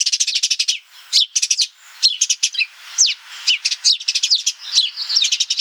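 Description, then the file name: House sparrow chatter, a near-continuous run of rapid, harsh chirps with a few downslurred notes, barely pausing throughout. "Passer domesticus"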